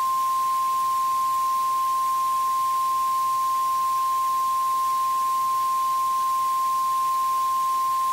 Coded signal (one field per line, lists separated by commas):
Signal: Emergency Alert System (SAME) tones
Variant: 1050 Hz attention tone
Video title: EAS Mock Request - Tornado Warning